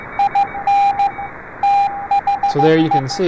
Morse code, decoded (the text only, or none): IN THE